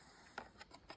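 The second plastic side brush of a Xiaomi Robot Vacuum X20+ is pushed onto its brush hub, the same way as the first, and snaps in with a sharp click at 0.4 s. Two fainter ticks follow at about 0.8 and 0.9 s. The brush is seated.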